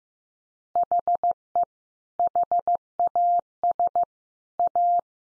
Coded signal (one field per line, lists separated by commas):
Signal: Morse code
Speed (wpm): 14 wpm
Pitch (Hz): 700 Hz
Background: none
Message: HE HAS A